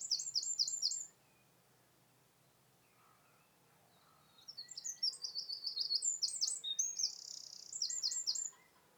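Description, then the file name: Eurasian wren: end of a shrill trill, a quiet gap with faint notes, then a long, loud burst of rapid high trills and rattles. "Troglodytes troglodytes"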